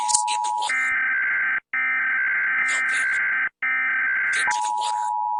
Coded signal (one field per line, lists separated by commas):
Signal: Emergency Alert System (SAME) tones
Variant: header bursts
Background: speech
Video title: SCP 2316 EAS ALERT • Horror attempt •